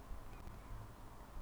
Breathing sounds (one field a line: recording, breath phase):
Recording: one breath near a microphone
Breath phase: inhalation